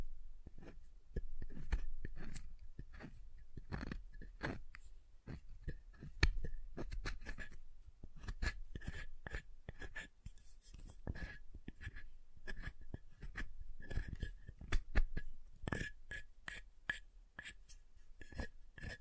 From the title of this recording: SoftHard Soap Tapping and Carving